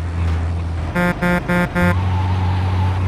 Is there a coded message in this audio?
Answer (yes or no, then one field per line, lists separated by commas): no